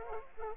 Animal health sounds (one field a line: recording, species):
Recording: mosquito wingbeat signal from an infrared sensor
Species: Aedes aegypti